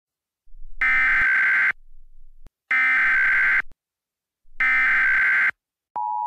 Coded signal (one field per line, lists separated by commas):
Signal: Emergency Alert System (SAME) tones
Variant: header bursts